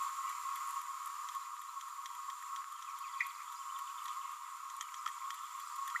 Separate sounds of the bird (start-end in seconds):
5.95-5.98